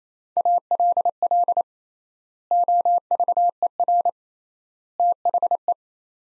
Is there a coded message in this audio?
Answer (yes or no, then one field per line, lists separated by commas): yes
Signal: Morse code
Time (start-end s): 0.4-5.7 s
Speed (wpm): 28 wpm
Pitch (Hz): 700 Hz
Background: none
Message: ALL OVER THE